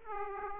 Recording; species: mosquito wingbeat signal from an infrared sensor; Aedes aegypti